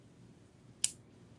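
The tongue of a double-band metal bangle bracelet's clasp is pressed into its box catch, giving one sharp, bright click at 0.8 s against a quiet low background. This is the first click of a clasp that locks with a double click, and the second click has not come yet, so the clasp is only partly locked.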